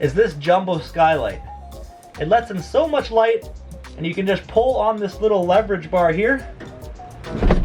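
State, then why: Seated. Someone talks while pulling the small lever bar on a jumbo roof skylight, the skylight stay lever in the frame of an RV roof. At 7.5 s a short, sharp click is heard as the lever locks the skylight in its open position.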